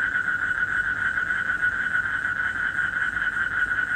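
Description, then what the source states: Frog calling in an unbroken, fast pulsing trill throughout, steady in pitch and loudness over low background hiss. Recorded in Indonesia in 2012, during travel.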